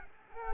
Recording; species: mosquito wingbeat signal from an infrared sensor; Culex quinquefasciatus